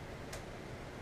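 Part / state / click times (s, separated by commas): collar onto airsoft rifle hop-up unit / partly seated / 0.3 s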